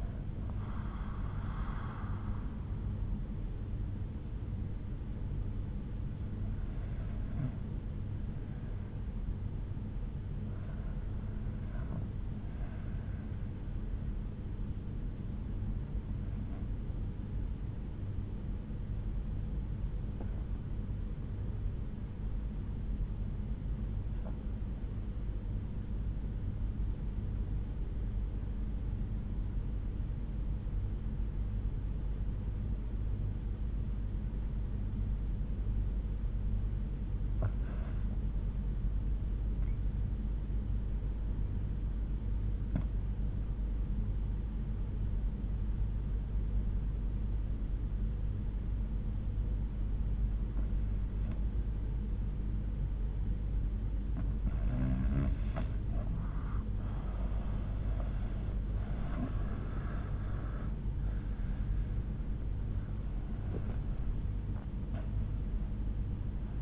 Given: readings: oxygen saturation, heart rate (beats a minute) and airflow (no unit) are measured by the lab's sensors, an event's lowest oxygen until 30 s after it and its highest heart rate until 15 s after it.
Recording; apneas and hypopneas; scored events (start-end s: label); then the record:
breathing in sleep by a smartphone at the bedside; 1
19.00-55.50 s: obstructive apnea (REM, oxygen 96% highest, then 78% lowest, heart rate 65 at the start, 85 highest)
61.00-66.62 s: new sleep stage, N1 (lightest sleep)
From the record:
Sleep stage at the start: REM sleep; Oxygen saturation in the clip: 82 to 96%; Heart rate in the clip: 62 to 84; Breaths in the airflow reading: 5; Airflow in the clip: -12.6 to 12.4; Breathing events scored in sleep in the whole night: 368 in 8.0 hours asleep